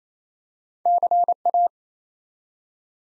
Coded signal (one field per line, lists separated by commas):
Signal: Morse code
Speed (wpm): 27 wpm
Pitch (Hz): 700 Hz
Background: none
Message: CA